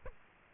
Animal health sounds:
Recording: mosquito wingbeat signal from an infrared sensor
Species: Culex quinquefasciatus

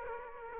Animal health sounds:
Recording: mosquito wingbeat signal from an infrared sensor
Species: Aedes aegypti

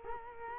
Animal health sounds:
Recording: mosquito wingbeat signal from an infrared sensor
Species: Culex quinquefasciatus

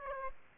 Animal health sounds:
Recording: mosquito wingbeat signal from an infrared sensor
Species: Aedes aegypti

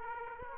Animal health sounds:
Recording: mosquito wingbeat signal from an infrared sensor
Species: Aedes aegypti

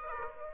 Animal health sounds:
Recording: mosquito wingbeat signal from an infrared sensor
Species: Aedes aegypti

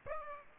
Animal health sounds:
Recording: mosquito wingbeat signal from an infrared sensor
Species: Aedes aegypti

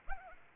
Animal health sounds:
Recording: mosquito wingbeat signal from an infrared sensor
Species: Anopheles arabiensis

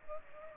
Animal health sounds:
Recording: mosquito wingbeat signal from an infrared sensor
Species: Culex pipiens

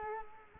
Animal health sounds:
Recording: mosquito wingbeat signal from an infrared sensor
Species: Culex quinquefasciatus

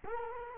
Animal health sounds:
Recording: mosquito wingbeat signal from an infrared sensor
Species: Culex quinquefasciatus

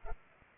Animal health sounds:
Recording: mosquito wingbeat signal from an infrared sensor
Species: Culex pipiens

